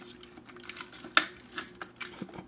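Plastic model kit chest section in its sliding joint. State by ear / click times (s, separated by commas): seated / 1.2 s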